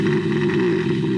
What it sounds like when a bear is snoring, because there were five bears hibernating underneath their house. So this was all winter. It's a funny scratching sound. It's like somebody revving a motorcycle.